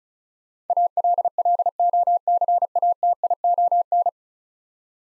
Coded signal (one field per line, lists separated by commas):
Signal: Morse code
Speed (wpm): 36 wpm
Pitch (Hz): 700 Hz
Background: none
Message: ALLOCATION